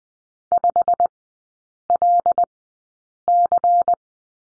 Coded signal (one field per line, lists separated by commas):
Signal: Morse code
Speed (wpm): 20 wpm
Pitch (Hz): 700 Hz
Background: none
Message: 5LC